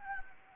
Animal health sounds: mosquito wingbeat signal from an infrared sensor; Anopheles gambiae

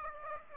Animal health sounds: mosquito wingbeat signal from an infrared sensor; Aedes aegypti

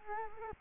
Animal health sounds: mosquito wingbeat signal from an infrared sensor; Culex quinquefasciatus

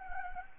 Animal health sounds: mosquito wingbeat signal from an infrared sensor; Anopheles gambiae

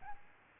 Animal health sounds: mosquito wingbeat signal from an infrared sensor; Aedes albopictus

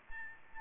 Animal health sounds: mosquito wingbeat signal from an infrared sensor; Aedes albopictus

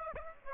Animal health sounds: mosquito wingbeat signal from an infrared sensor; Aedes aegypti

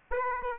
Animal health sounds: mosquito wingbeat signal from an infrared sensor; Aedes aegypti

